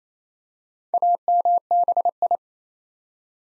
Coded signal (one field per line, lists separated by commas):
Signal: Morse code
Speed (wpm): 27 wpm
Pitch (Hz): 700 Hz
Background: none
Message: AMBI